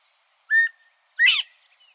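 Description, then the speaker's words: Northern Bobwhite calling: one short whistled note, a gap, then a loud rising whistle; faint soft chirps trail off afterward. Recorded in Texas. "the bird you're hearing here was recorded in Texas."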